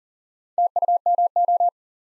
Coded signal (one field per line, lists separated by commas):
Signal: Morse code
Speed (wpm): 42 wpm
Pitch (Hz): 700 Hz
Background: none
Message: TUMO